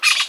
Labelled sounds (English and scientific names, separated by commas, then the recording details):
Brown-throated Parakeet (Eupsittula pertinax) contact call
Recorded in Venezuela
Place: Guárico; Corozopando; Fundo La Fe
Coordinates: 8.506, -67.593